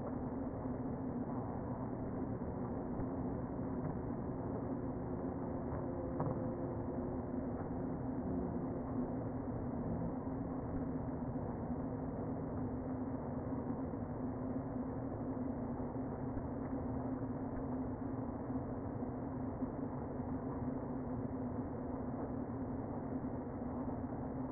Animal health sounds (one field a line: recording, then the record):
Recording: honeybee colony, microphone inside the hive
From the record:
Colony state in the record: queen present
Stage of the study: before two queens were removed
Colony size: about 60,000 bees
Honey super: yes